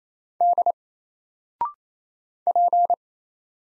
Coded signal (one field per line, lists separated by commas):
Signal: Morse code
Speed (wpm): 27 wpm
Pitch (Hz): 700 Hz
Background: none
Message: D P